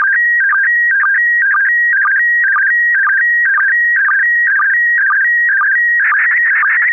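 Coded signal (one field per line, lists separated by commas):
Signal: SSTV (slow-scan television)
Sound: steady warbling tone stepping between two pitches, with regular short low blips twice a second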